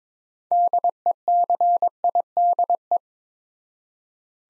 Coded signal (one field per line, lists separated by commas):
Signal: Morse code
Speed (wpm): 22 wpm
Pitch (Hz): 700 Hz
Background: none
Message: DECIDE